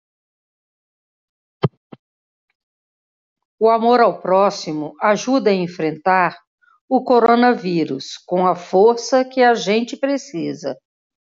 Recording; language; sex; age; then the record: spoken sentence; Brazilian Portuguese; female; 50 to 59 years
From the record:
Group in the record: control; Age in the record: 54 years